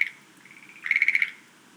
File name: rodolphe alexis - rhacophorus schlegelii